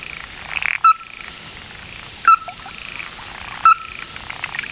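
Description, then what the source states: Ruddy-breasted Crake call: three short, hard knocks spaced more than a second apart, with soft background chirps and a steady high hiss. Described as a bird of Hokkaido, Japan.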